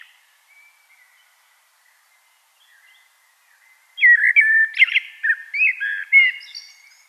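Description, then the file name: Common blackbird singing one rich, fluted warbling phrase after a near-silent start, finishing with a few scratchy, high-pitched twittering notes. "Turdus merula"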